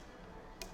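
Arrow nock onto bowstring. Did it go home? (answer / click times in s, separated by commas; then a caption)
yes / 0.6 s. An arrow's plastic nock is pushed onto the bowstring and snaps into place, making a short, sharp click at 0.6 seconds over a steady low background hum. The nock is seated on the string.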